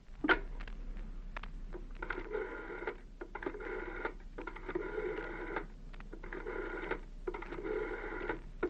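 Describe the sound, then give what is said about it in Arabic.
A telephone being dialed: a run of short tonal beeps in bursts separated by brief pauses, over a steady low hum, with no one speaking. “طب اديني التليفون يا عبدو”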